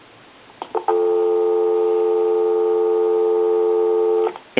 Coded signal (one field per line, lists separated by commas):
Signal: telephone call progress tone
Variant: North America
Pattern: dial tone